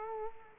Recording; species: mosquito wingbeat signal from an infrared sensor; Aedes aegypti